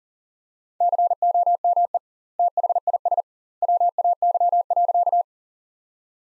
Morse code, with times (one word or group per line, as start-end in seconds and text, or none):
0.8-2.0 COME
2.4-3.2 THIS
3.6-5.2 WAY.